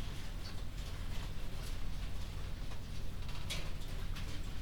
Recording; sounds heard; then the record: poultry house recording; no chicken sound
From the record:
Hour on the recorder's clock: 22